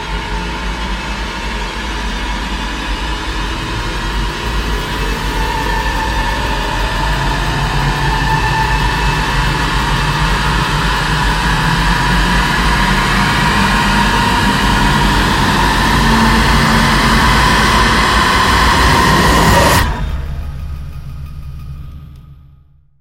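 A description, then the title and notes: A sustained high tone rises within a dense, growing roar and sweeping tones, swelling steadily until cutting off abruptly near twenty seconds, leaving a low fading rumble. Vortex Riser Stargate is a sustained high tone grows into a massive distorted vortex.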